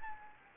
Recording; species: mosquito wingbeat signal from an infrared sensor; Anopheles gambiae